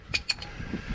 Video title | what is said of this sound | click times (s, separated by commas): Starter Removal and Installation on 03 Hemi Ram | whether you can hear it or not you can see it right here you can see it click over that piece there | 0.3 s